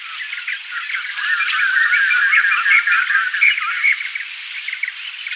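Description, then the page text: White-crested laughingthrush calling: a dense, continuous jumble of overlapping chattering and cackling notes, loudest in the middle seconds and easing slightly toward the end. "White-Crested Laughingthrush Call. Quick Sounds"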